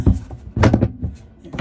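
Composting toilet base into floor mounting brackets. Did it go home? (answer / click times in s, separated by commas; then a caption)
yes / 0.6 s. On a retry after a missed first attempt, an Air Head composting toilet body in a motorhome is pushed down onto the floor mounting brackets with side wing nuts. It locks into place with a sharp knock at 0.6 s, amid a few softer knocks before and after. The toilet base is seated on the brackets.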